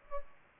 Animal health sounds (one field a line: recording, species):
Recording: mosquito wingbeat signal from an infrared sensor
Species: Aedes albopictus